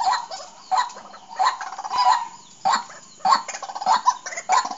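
Bird calls: harsh, nasal bursts in an uneven rhythm, some grouped closely, others separated by short pauses.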